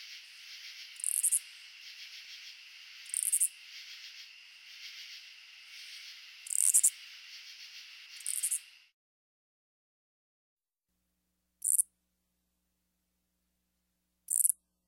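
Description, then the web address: Oblong-winged katydid song of brief scratchy pulse bursts every few seconds, first over a buzzing insect chorus, then alone in silence. "Crickets and Katydids. Oblongwinged Katydid, Amblycorypha oblongifolia"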